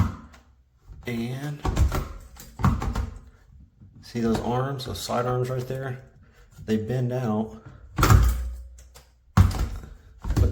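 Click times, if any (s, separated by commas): none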